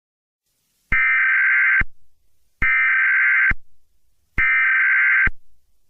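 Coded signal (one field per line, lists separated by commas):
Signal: Emergency Alert System (SAME) tones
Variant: header bursts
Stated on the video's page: Fictional EAS scenario with valid tones.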